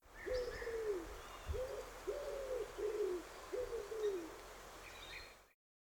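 Bird cooing: about six soft, low hooting notes over some four seconds, then quiet.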